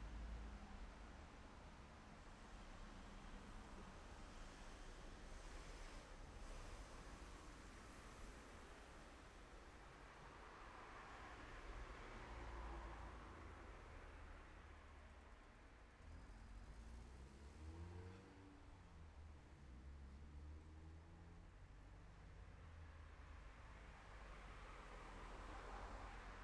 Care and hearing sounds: everyday scene through a hearing-aid microphone; in traffic; traffic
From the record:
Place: city secondary road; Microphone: behind the ear, left, front

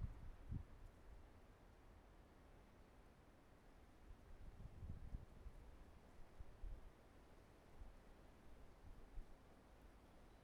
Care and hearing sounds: everyday scene through a hearing-aid microphone; wind on the microphone; wind, traffic, birds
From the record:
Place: suburban garden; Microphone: behind the ear, right, rear

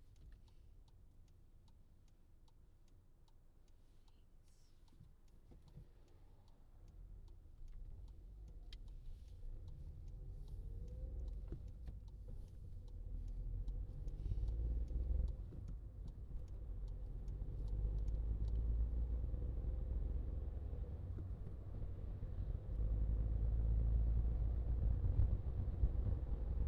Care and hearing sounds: everyday scene through a hearing-aid microphone; in a vehicle; engine, rumble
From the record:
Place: Skoda Fabia, gasoline engine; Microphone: in the ear canal, left

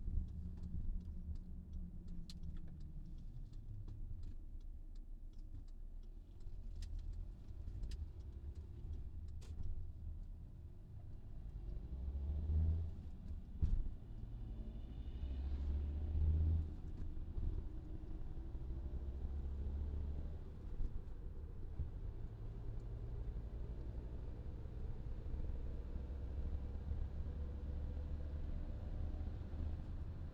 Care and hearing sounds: everyday scene through a hearing-aid microphone; in a vehicle; engine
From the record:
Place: VW T5 Caravelle, diesel engine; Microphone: in the ear canal, left

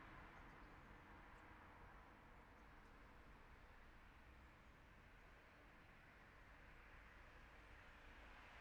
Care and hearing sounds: everyday scene through a hearing-aid microphone; in traffic; traffic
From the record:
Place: city secondary road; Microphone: behind the ear, left, rear

